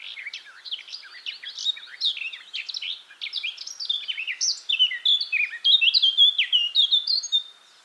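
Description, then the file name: Eurasian blackcap song building steadily from soft chatter into loud, clear, varied warbled phrases that end abruptly after about seven seconds. "Sylvia atricapilla"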